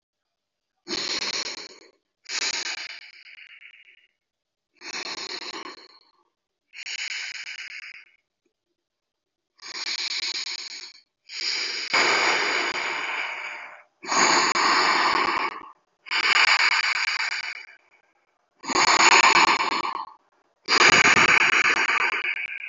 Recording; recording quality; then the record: deep breathing; moderate, slight background noise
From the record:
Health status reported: respiratory illness, not identified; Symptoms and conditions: hypertension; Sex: male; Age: 52 years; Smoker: yes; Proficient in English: yes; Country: India